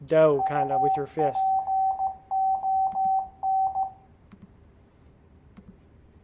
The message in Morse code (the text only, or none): UPON